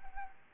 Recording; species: mosquito wingbeat signal from an infrared sensor; Anopheles arabiensis